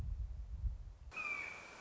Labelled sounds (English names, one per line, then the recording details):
Red-shouldered Hawk
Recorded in Sonoma County, California